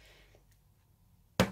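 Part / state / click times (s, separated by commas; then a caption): safety eye backing washer onto eye stem in crochet toy / seated / 1.4 s. A plastic safety-eye backing washer is pressed down onto the eye's stem in a crochet toy against a hard surface. After a quiet stretch, a single sharp click at 1.4 s marks the third click, and the washer seats home.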